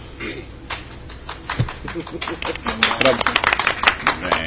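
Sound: applause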